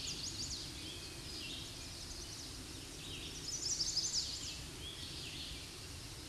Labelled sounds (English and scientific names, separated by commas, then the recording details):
Red-eyed Vireo (Vireo olivaceus) song
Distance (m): 40 m
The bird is about 5 m above the microphone
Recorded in a Pennsylvania forest on 16 May 2024 at 07:13
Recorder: AudioMoth, point MSD-2208
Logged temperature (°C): 15.2 °C
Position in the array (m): 128 m, 53 m